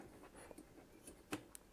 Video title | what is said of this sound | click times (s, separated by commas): Thermalright SI 100 210w TDP Low Profile CPU Cooler AM4 Review & Install Guide | there's that little click | 1.3 s